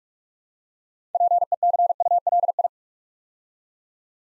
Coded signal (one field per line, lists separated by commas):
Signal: Morse code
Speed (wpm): 44 wpm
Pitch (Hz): 700 Hz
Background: none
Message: PECULI